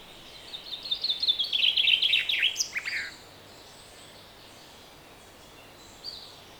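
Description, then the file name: Common chaffinch singing one descending rattling trill ending in a short flourish, then near silence with a single faint high note later. "Fringilla coelebs"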